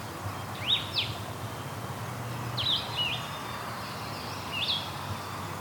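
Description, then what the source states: Blue-headed Vireo: three short sweet slurred phrases in a few seconds, separated by pauses, with steady background noise. Wild bird heard in the field; song likened to the red-eyed vireo's but blurrier, like 'vireo' with a bit of sweetness.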